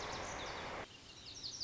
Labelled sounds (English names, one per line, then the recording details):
Lazuli Bunting
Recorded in Sonoma County, California